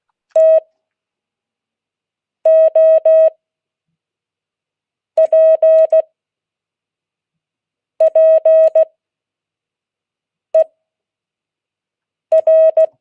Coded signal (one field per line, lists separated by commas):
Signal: Morse code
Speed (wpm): 16 wpm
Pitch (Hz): 640 Hz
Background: none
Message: TOPPER